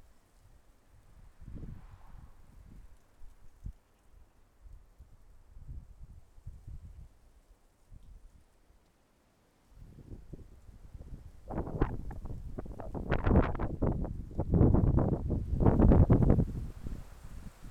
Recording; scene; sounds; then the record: everyday scene through a hearing-aid microphone; wind on the microphone; wind, traffic, birds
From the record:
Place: suburban garden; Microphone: behind the ear, left, front